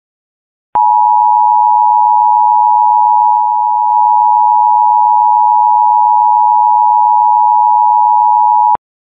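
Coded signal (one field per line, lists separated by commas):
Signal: Emergency Alert System (SAME) tones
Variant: 853 and 960 Hz attention tone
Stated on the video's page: Real alert: an internal test accidentally sent out publicly.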